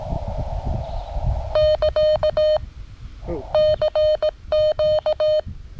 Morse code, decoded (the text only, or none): <KA> CQ